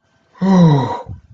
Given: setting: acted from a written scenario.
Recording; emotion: vocal sound without words; positive surprise